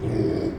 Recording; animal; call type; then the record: contact call of a hoofed animal; pig; closed-mouth grunt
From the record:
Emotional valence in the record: negative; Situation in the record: short social isolation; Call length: 0.59 s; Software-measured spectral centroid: 1210 Hz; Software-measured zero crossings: 770 a second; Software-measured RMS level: -24 dBFS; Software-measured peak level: -12 dBFS